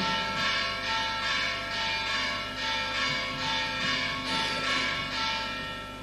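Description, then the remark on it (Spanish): Church bells ring in a steady, repeated rhythm, each stroke blending into a sustained, humming metallic tone that fills the whole stretch at an even, fairly loud level with no voices. “un momentito que terminen las campanas, si no, no nos enteramos.”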